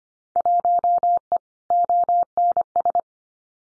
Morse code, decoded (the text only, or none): 1E ONS